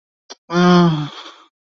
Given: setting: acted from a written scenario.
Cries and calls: vocal sound without words; guilt

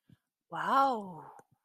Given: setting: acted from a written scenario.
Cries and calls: vocal sound without words; adoration

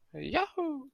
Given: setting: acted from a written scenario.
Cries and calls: vocal sound without words; elation

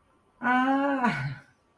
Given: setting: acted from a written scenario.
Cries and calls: vocal sound without words; realization

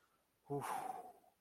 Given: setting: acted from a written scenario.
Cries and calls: vocal sound without words; relief

